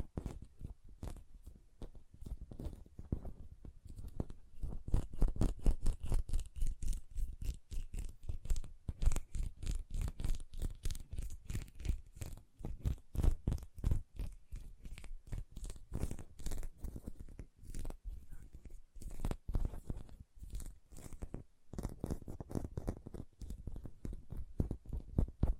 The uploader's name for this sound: Hand Sounds, Nail Tapping and Lotion Sounds